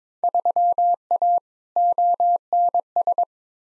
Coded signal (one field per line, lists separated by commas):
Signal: Morse code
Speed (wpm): 22 wpm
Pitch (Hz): 700 Hz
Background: none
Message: 3A ONS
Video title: Field Day Exchange v2 - 22wpm